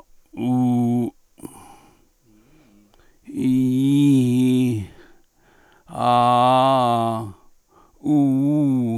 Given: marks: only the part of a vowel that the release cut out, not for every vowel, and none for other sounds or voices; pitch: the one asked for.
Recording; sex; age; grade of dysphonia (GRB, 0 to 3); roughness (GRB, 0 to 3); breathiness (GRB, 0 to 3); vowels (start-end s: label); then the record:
sustained vowels; male; 60 to 69 years; 1; 1; 1
0.47-1.00 s: vowel /u/, low pitch
3.49-4.24 s: vowel /i/, low-high-low pitch
6.13-7.02 s: vowel /a/, low-high-low pitch
8.22-8.82 s: vowel /u/, low-high-low pitch
From the record:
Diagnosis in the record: dysarthrophonia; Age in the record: 66 years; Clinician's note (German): Restsymptomatik bei zentral laryngaler Bewegungsstörung